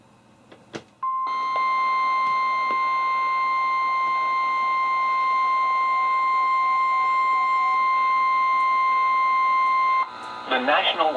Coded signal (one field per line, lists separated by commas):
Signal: Emergency Alert System (SAME) tones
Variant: 1050 Hz attention tone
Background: speech